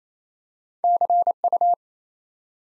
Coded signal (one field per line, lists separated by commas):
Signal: Morse code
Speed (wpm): 28 wpm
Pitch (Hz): 700 Hz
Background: none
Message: CU